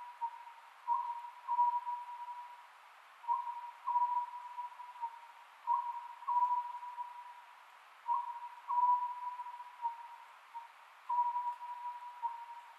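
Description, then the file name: Oriental scops owl hooting in a steady rhythm, phrase after phrase of grouped notes about every two and a half seconds, with background hiss. Recorded on 27 May 2010 at 22:21. "konohazuku-20100527-2221"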